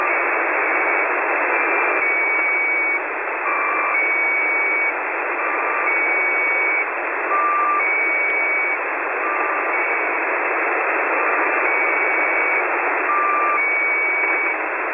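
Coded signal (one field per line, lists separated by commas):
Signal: channel marker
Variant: Squeaky Wheel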